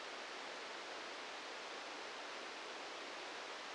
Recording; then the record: brain microelectrode recording played as sound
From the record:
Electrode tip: outside the subthalamic nucleus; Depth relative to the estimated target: -3 mm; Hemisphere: right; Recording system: NeuroSet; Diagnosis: Parkinson's disease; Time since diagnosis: 13 years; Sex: male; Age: 63 years